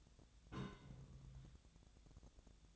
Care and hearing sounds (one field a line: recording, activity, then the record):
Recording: daily activity, microphone in the room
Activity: place on stove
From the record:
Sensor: 3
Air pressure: 1000.0 hPa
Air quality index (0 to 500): 126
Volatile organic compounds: 2 ppm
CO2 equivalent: 1132 ppm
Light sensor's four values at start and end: 43/107/46/51 and 43/107/46/51